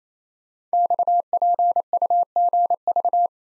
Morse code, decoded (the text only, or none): XPUGV